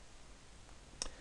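One of the two attachment clips holding a roller shutter's slatted curtain (apron) to its winding tube is unclipped while the electric shutter is being dismantled to replace its Somfy motor. A single sharp click at 1.0 s marks the clip coming free, and the apron attachment is released.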